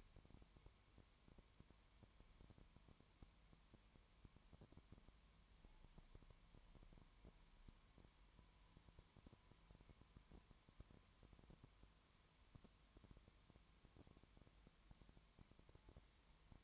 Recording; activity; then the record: daily activity, microphone in the room; no activity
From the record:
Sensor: 3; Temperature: 20.1 degrees Celsius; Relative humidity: 31.4%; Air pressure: 1001.3 hPa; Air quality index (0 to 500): 74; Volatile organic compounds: 1 ppm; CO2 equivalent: 698 ppm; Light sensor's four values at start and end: 2/3/2/2 and 2/3/2/2